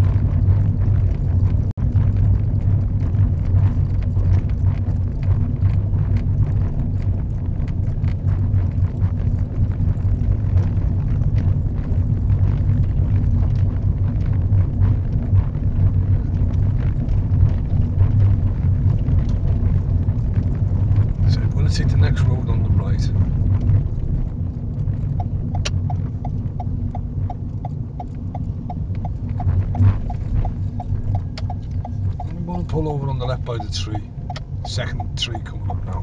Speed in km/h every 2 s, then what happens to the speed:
21, 19, 19, 19, 23, 21, 21, 21, 23, 24, 23, 23, 21, 19, 16, 13, 11, 13.
0-24 steady at about 21. 24-31 slows to 11.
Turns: 30-33.